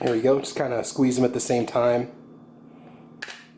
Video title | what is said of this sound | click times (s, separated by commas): X-Aegis Shooting Safety Glasses first look (and lens swap) | they pop right out all right so again they're definitely gonna stay secure we know that yeah | 3.2 s